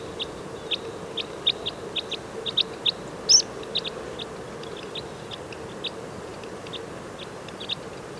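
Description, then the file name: Red crossbill flight calls: short, sharp chip notes repeated irregularly, several per second at times, over a steady low hum. Call type N 11; flight calls. "Red Crossbill Type N 11-FCs"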